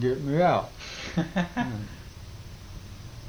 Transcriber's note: laughs